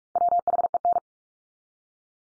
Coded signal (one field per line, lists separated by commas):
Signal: Morse code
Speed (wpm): 44 wpm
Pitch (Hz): 700 Hz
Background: none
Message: WHEN